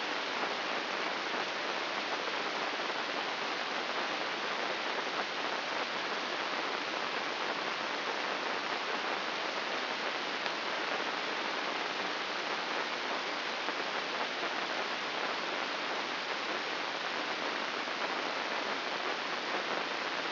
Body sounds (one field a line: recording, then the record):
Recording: brain microelectrode recording played as sound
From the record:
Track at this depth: inside the subthalamic nucleus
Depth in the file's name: 5.401 mm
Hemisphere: right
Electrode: 2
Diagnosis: Parkinson's disease